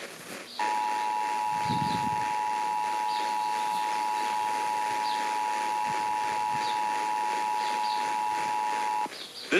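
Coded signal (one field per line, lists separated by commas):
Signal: Emergency Alert System (SAME) tones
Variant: 853 and 960 Hz attention tone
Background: speech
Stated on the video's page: Required monthly tests relayed by San Francisco AM and FM broadcast stations.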